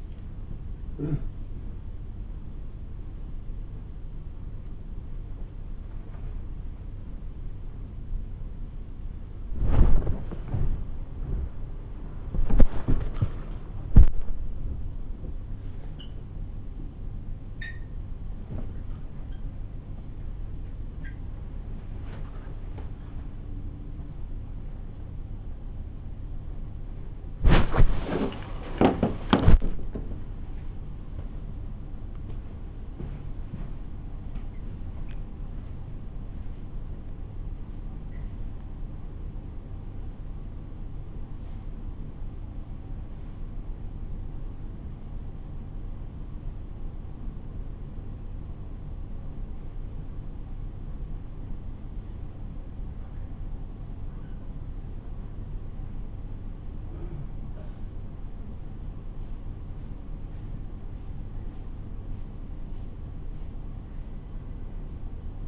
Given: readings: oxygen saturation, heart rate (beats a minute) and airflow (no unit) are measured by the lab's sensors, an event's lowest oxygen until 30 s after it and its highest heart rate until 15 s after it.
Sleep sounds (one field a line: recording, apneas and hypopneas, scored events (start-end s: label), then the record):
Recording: a person awake in a sleep study, by a smartphone at the bedside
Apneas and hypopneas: none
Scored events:
0.00-65.48 s: awake
From the record:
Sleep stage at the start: awake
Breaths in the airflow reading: 28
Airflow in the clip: -0.7 to 0.7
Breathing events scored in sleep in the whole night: 304 in 5.6 hours asleep